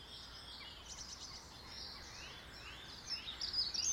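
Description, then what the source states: Small birds twittering, with rapid sliding chirps building to a louder burst of high notes in the last second, over constant background hiss. In a garden.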